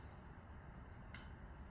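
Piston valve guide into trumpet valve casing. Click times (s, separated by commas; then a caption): 1.1 s. A trumpet piston valve, dropped into its casing, is turned clockwise until its guide drops into the slot. Over a low steady background, a single sharp, bright click sounds at 1.1 s as the valve guide seats in the slot.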